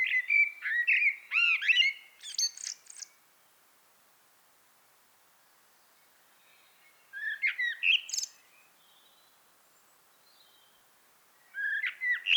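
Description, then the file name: Common blackbird song: three fluted warbling phrases, the first two ending in thin high notes, separated by pauses of several seconds. "Turdus merula"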